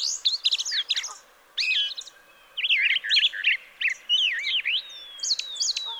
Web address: songs Brown Thrasher